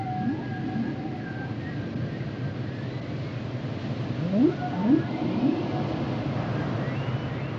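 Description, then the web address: Whale song: a long wavering tonal moan early on, then a short run of rising upsweep calls over a continuous low rumbling background. "Natures Songs Whale Songs Whales and Dolphins - whale nature sounds songs"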